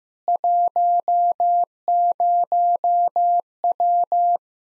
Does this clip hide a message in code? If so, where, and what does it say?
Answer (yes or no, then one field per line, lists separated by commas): yes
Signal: Morse code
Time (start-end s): 0.3-4.4 s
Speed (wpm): 15 wpm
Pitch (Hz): 700 Hz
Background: none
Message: 10W